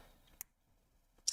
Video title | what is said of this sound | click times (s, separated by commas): LEGO x Yugioh Dark Magician! - Day 4ish | That was a nice click. Hopefully you guys all heard it and enjoyed it. | 1.3 s